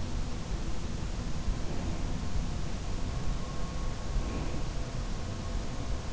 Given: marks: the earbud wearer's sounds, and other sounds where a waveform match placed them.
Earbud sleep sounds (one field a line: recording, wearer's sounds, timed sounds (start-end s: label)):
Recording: sounds in sleep by an in-ear microphone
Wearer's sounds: breath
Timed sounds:
1.18-2.15 s: breath
3.96-5.25 s: breath